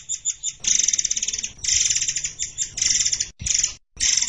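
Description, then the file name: Forktail singing rapid, harsh, high-pitched buzzing phrases, each under a second long, repeated in quick succession with brief gaps. "burung murai air"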